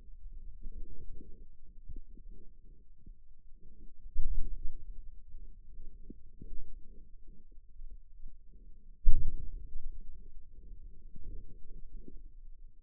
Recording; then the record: forearm muscle sounds (acoustic myography)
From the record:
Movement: wrist flexion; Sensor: system 2, bracelet of six BSWA MPA416 microphones around the upper forearm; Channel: 5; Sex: male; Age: 22 years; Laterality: right